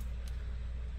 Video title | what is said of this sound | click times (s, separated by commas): Latest from #temu | and that's how you know it's locked | 0.3 s